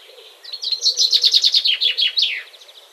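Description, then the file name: Common chaffinch song: a bright descending series of rapid repeated notes, about a dozen, ending in a sharp upward-then-down flourish, over faint low background. "Fringilla coelebs"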